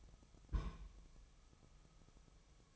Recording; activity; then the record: daily activity, microphone in the room; place on stove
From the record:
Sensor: 1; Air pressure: 999.4 hPa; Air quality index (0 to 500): 201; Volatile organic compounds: 43 ppm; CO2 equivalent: 3193 ppm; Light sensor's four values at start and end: 9/22/8/9 and 9/22/8/9